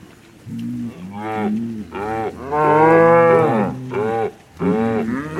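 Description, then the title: Cow mooing in quick succession, short moos building to one loud, long bellow, then two more short moos. Cow communication through mooing. "Eco-Moo-tion: The Ecological Soundscape of Cow Conversations"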